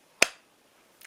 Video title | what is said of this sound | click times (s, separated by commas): Woodturning - Yew box | and it does have a nice little click | 0.2 s